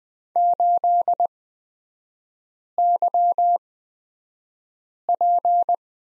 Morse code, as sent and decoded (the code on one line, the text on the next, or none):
---.. -.-- .--.
8YP